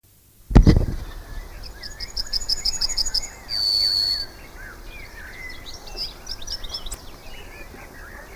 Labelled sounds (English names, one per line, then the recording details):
Yellowhammer song
European Goldfinch
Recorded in the wild
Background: Carduelis carduelis
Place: Lübars (Fließtal), Berlin, DE
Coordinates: 52.6167, 13.35
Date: 2000-06-11 17:44
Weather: heiter, 26°C
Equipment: Marantz CP 430, Sennheiser ME 80, Kopie Uher 4000 Report Monitor
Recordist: Tembrock, Günter
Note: Eine Strophe